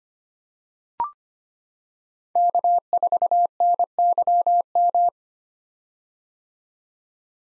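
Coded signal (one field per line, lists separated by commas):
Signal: Morse code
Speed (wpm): 25 wpm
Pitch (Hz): 700 Hz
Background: none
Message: K4NYM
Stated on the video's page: Morse code head-copy drill of common POTA activator callsigns at 25 wpm, each sent, then spoken, then sent again.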